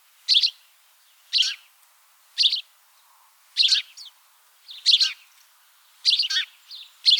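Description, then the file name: House sparrow giving loud emphatic chirps, single notes or doubled, repeated about once a second with faint softer notes between. "Passer domesticus"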